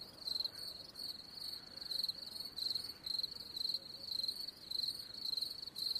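Cricket chirping in a continuous run of shrill pulsed bursts, close-spaced and even, about two per second.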